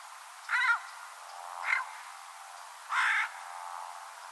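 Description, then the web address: Bird giving three harsh, nasal, slightly wavering calls, the middle one fainter, over low steady background hiss. "Deverinetal 2025 File origin Bird Only"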